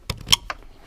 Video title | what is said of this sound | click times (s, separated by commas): 2009 Mercury Mariner key switch repair | hear that click in right there okay | 0.3 s